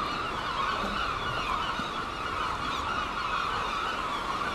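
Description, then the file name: Gulls calling in a dense, continuous chorus of overlapping mewing and yelping cries, with no single bird standing out. Gulls at Seaton, dated 17 03. "OKM Seagulls Seaton 17 03"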